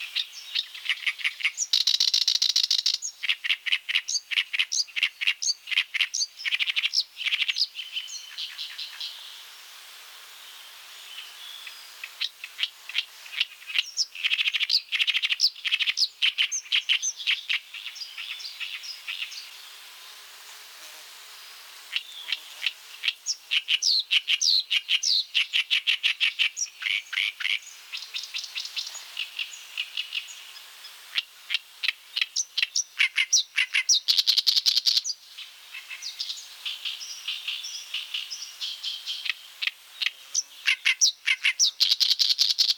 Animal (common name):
Oriental Reed Warbler